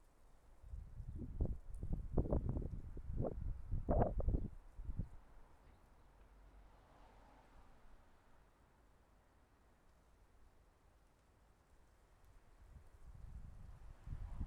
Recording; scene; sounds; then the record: everyday scene through a hearing-aid microphone; wind on the microphone; wind, traffic, birds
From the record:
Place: suburban garden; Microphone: behind the ear, left, rear